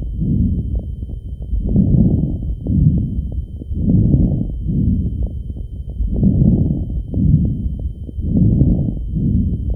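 Steady breath cycles with brief popping clicks scattered through them: medium to fine crackles heard over an adult's lungs.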